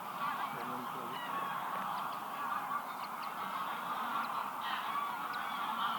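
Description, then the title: Goose: geese honking as a flock, a dense continuous chorus of overlapping nasal calls with a few higher sharp notes standing out throughout. "gansos"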